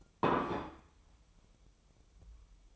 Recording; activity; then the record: daily activity, microphone in the room; place plate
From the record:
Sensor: 1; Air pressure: 988.6 hPa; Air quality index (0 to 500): 196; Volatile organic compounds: 928 ppm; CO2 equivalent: 5228 ppm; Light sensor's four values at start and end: 25/93/35/37 and 25/93/35/37